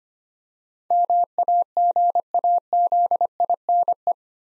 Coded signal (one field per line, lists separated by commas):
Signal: Morse code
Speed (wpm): 25 wpm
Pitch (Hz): 700 Hz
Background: none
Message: MAGAZINE